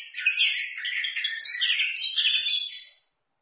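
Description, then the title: Oriental magpie-robin song: a bright, continuous jumble of twittering and scratchy phrases, very high and busy, breaking off into near silence for the last half second. "Kacer"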